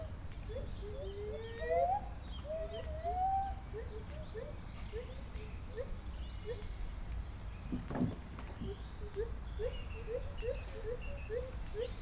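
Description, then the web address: White-handed gibbon hoots: a few longer sliding notes early, then a run of quick rising notes, over a low background rumble. Captive gibbon at a zoo in Debrecen, Hungary, 2012; cars and an electric fence audible in the background; recorded with a Marantz recorder. "debrecenizoo 2012 feherkezugibbon autoesvillanypasztoris marantzpuska"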